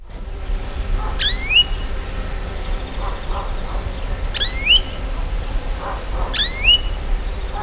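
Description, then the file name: European greenfinch calls, three sharp nasal notes sweeping upward, spaced about two to three seconds apart, over a steady low rumble. "Chloris chloris"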